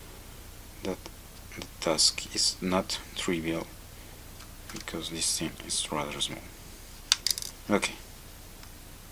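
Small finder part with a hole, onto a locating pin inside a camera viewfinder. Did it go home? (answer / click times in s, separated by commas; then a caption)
yes / 7.1 s. Someone talks while fitting a small finder part with a hole onto a tiny locating pin inside a Nikon F3 camera viewfinder during reassembly, holding it sideways and tilting it because the part is so small. A sharp click at 7.1 s, followed by a few faint ticks, marks the part snapping onto its pin. The part is seated.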